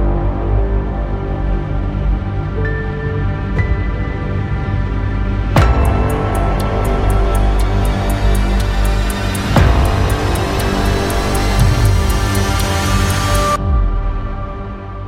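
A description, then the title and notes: A thick, low sustained drone holds throughout, with a few sparse tonal notes floating above early on. Deep booms land near six and ten seconds, and a steady ticking starts with the first boom, gradually rising before cutting off just before the end. Sustained sounds with booms, floating and sparse piano notes, booms and soft low braams turning into a ticking riser.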